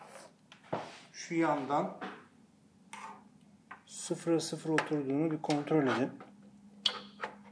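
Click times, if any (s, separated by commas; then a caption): 6.9 s. A power cable connector is pressed fully home into its socket while someone talks. A sharp click at 6.9 seconds marks the connector latch snapping shut, and the connector is seated with its lock closed.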